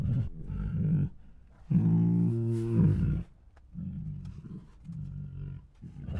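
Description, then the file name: Tiger moans and grunts, low and rumbling, with a louder tonal roar swelling around two seconds, followed by softer breathy moans. Two hungry tigers making many huffs, moans and roars. "Two Tigers Make Many Hungry Huffs, Moans and Roars [Sound Ideas]"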